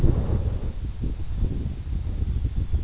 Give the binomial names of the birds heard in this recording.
none